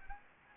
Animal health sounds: mosquito wingbeat signal from an infrared sensor; Anopheles gambiae

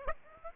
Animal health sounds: mosquito wingbeat signal from an infrared sensor; Aedes aegypti

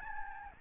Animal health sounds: mosquito wingbeat signal from an infrared sensor; Aedes albopictus

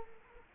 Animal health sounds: mosquito wingbeat signal from an infrared sensor; Culex quinquefasciatus

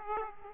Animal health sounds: mosquito wingbeat signal from an infrared sensor; Aedes aegypti

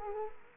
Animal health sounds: mosquito wingbeat signal from an infrared sensor; Anopheles arabiensis

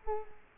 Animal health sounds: mosquito wingbeat signal from an infrared sensor; Culex quinquefasciatus

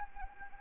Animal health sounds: mosquito wingbeat signal from an infrared sensor; Anopheles arabiensis

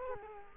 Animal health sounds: mosquito wingbeat signal from an infrared sensor; Culex quinquefasciatus

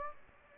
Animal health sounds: mosquito wingbeat signal from an infrared sensor; Anopheles gambiae

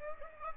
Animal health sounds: mosquito wingbeat signal from an infrared sensor; Aedes aegypti

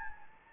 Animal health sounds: mosquito wingbeat signal from an infrared sensor; Anopheles gambiae

